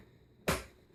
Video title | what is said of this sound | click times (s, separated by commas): Joie Mimzy Snacker Highchair Review | for the second click and that just gives your toll more space then for when they're eating | 0.5 s